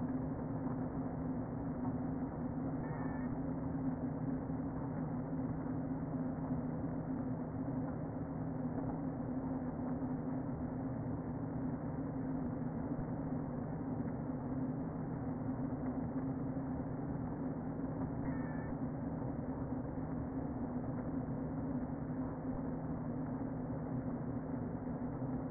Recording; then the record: honeybee colony, microphone inside the hive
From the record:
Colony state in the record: queen present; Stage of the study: before two queens were removed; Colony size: about 60,000 bees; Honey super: yes